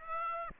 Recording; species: mosquito wingbeat signal from an infrared sensor; Aedes aegypti